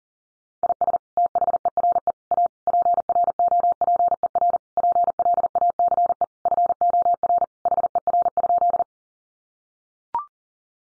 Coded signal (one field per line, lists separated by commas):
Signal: Morse code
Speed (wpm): 40 wpm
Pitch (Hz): 700 Hz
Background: none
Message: IS THERE A PROPER PLACE FOR HER?